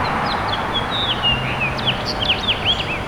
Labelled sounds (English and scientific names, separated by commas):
House Finch (Haemorhous mexicanus) song